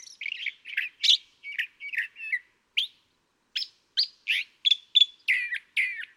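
California thrasher song, a varied string of harsh, scratchy and whistled phrases delivered in quick irregular succession with brief pauses.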